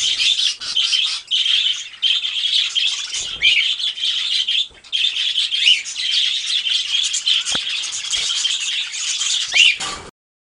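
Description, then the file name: Budgerigar chattering together, a busy stream of high twittering with occasional rising squeaks, briefly pausing near five seconds before resuming until the sound stops abruptly. A flock of parakeets calling together. "suara parkit rombongan. omkicau"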